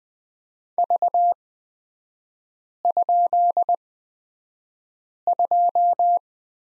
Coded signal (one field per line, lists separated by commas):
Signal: Morse code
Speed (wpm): 20 wpm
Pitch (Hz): 700 Hz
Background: none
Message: V?2